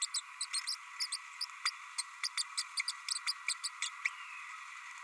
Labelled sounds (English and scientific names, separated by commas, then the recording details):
Green-rumped Parrotlet (Forpus passerinus) babbling
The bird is a male
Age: 30 days
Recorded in a nest box in Venezuela
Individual 17B32A6